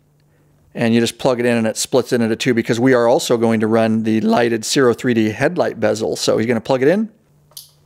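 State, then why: Seated. Someone talks while plugging the plastic plug of a Ciro 3D LED lighted fairing vent trim lighting harness into a Y-splitter connector on a Harley, which splits it in two so lighted 3D headlight bezels can also run. After the talking stops, a short sharp click at 7.6 seconds marks the plug seating in the connector.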